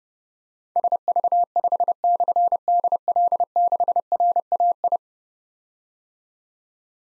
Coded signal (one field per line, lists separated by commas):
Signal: Morse code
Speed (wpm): 30 wpm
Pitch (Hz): 700 Hz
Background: none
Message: SV5/DL6RAI